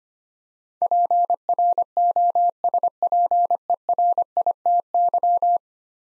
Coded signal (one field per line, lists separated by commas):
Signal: Morse code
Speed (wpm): 25 wpm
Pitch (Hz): 700 Hz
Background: none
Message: PROSPERITY